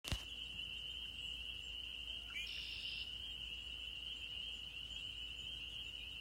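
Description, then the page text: Spring peeper chorus forms a continuous shrill ringing, broken by a sharp click at the start and a brief higher buzzy note midway. Maryland, USA. "Maryland Biodiversity. Spring Peeper ( Pseudacris crucifer )"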